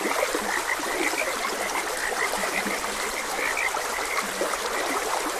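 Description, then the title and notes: Frog chorus of rapid, overlapping high croaks forming a continuous band, occasional deeper croaks, all over the steady hiss of a trickling stream. Frogs croaking beside a gentle stream. "Gentle Stream and Frogs Croaking. Sleep and Relaxation Podcast"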